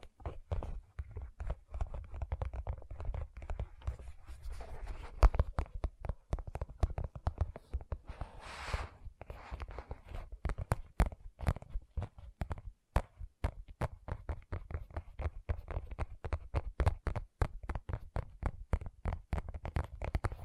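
Gentle tapping runs throughout as quick, irregular clicks and knocks, with sharper, brighter taps standing out now and then. A low soft rumble sits underneath the whole time. A brief hissy brushing sound comes in around the eight-second mark.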